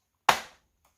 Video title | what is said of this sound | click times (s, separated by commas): TOSHIBA L850 PALMREST & COMPLETE SCREEN ASSEMBLY REPAIRS TO ALMOST COMPLETE THE REBUILD OF MY LAPTOP | and another click into place | 0.3 s